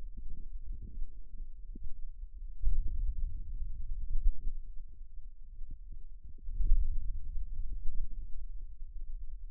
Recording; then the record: forearm muscle sounds (acoustic myography)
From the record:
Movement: hand opening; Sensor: system 2, bracelet of six BSWA MPA416 microphones around the upper forearm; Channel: 1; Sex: male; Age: 22 years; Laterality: right